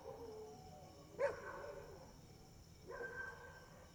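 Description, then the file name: Dog barking, two short harmonic barks. Dogs barking at night, first far off then close by. "Cachorros latindo longe e depois perto a noite com grilo e morcego"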